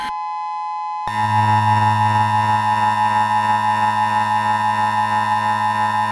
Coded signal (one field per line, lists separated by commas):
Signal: Emergency Alert System (SAME) tones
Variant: 853 and 960 Hz attention tone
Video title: The Best EAS Scenario Ever 11